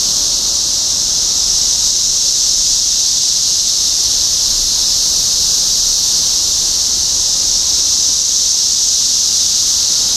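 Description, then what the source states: Cicadas sounding together in a dense, steady high drone that never pauses. Recorded in Topeka, Kansas, on 14 June 2015.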